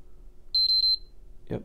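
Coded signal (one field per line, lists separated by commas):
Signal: beep code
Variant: Sony PlayStation 5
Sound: a quick run of three or four short high beeps, then a dull thump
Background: quiet bench room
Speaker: so let me apply power to it over here here let's see what it does yep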